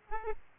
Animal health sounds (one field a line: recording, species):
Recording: mosquito wingbeat signal from an infrared sensor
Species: Aedes aegypti